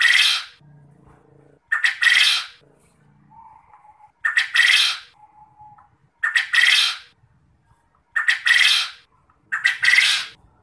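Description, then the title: Quail giving loud two-part calls, a brief sharp note then a buzzy, rasping phrase, repeated about every two seconds with quiet gaps between. Quail calling, used to prompt other quail to answer and call actively. "Burung Puyuh Mana Yang Tidak Nyaut Dan Gacor Dengan Pancingan Ini"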